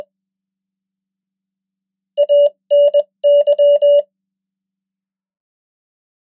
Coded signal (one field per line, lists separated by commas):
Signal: Morse code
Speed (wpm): 21 wpm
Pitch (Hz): 580 Hz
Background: none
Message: ANY